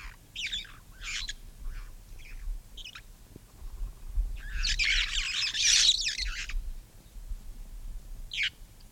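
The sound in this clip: Red-fronted parrot calls: a few scattered harsh squawks, then one long loud screeching burst, then a final squawk.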